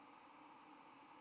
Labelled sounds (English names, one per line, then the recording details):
White-throated Sparrow flight call
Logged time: 07:00 on 10 November 2014